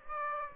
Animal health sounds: mosquito wingbeat signal from an infrared sensor; Aedes aegypti

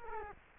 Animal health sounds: mosquito wingbeat signal from an infrared sensor; Culex quinquefasciatus

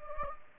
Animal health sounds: mosquito wingbeat signal from an infrared sensor; Anopheles gambiae

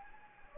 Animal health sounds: mosquito wingbeat signal from an infrared sensor; Anopheles gambiae

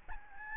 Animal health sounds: mosquito wingbeat signal from an infrared sensor; Aedes albopictus

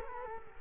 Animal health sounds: mosquito wingbeat signal from an infrared sensor; Culex quinquefasciatus

